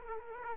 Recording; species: mosquito wingbeat signal from an infrared sensor; Aedes aegypti